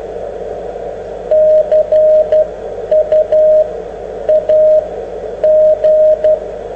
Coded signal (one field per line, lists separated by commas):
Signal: Morse code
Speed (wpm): 12 wpm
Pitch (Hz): 620 Hz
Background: radio noise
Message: CU AG